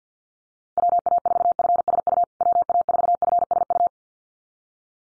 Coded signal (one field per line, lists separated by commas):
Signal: Morse code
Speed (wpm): 50 wpm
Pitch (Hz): 700 Hz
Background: none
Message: WA4FSU WA4FSU